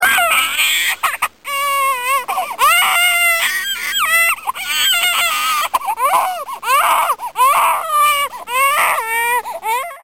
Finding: Baby Crying.